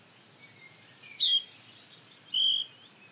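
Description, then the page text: Collared flycatcher singing a short phrase of high, squeaky whistled notes that jump up and down in pitch, with brief pauses between them. "Jelmer Poelstra - Мухоловка-белошейка (Ficedula albicollis)"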